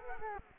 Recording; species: mosquito wingbeat signal from an infrared sensor; Culex quinquefasciatus